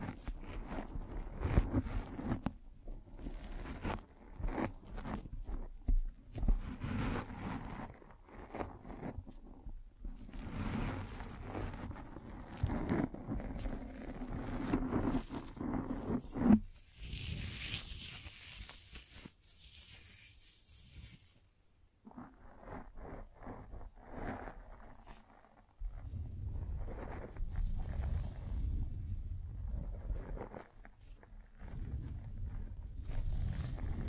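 Microphone brushing and scratching in dense, irregular rustling bursts, with a bright hissing scrape around 17 seconds and a low rumbling stretch near the end.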